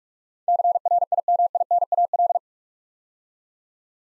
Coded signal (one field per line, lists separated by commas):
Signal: Morse code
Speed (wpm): 44 wpm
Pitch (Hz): 700 Hz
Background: none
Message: CRIMINAL